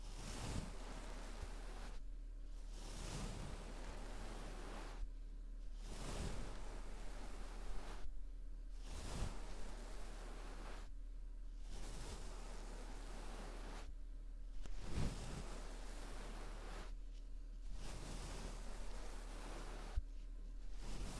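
Deep ear triggers: dense, scratchy brushing and rubbing sounds come in long strokes, broken by short pauses about every three seconds. Soft low thumps mark some strokes, and a steady low hum runs underneath throughout.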